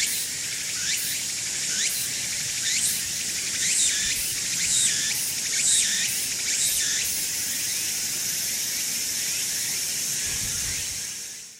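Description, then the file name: Walker's cicada song: a steady high buzzing drone with repeated whistled sweeps roughly once a second for about seven seconds, after which the drone continues alone. "Meimuna opalifera"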